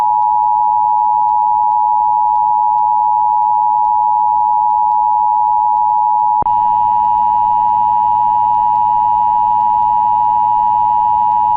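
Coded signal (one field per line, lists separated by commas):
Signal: Emergency Alert System (SAME) tones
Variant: 853 and 960 Hz attention tone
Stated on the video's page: Local area emergency alert for a 911 outage.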